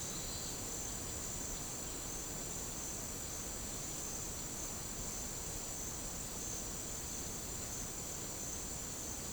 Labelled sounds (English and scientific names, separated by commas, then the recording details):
none
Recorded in dense forest near Puerto Asís, Putumayo, Colombia, on 9 March 2025 at 14:00
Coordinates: 0.467, -76.328
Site G041